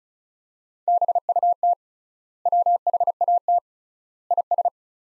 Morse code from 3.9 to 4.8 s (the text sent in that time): IS